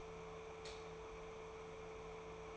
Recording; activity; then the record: daily activity, microphone in the room; light off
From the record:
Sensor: 1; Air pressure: 1014.8 hPa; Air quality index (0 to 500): 186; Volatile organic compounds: 19 ppm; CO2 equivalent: 2640 ppm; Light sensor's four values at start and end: 38/100/41/49 and 34/85/36/44